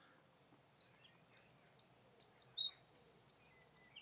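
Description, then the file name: Eurasian wren song: a continuous, very high, fast sequence of sharp notes and trills starting after half a second and running to the end. "Troglodytes troglodytes"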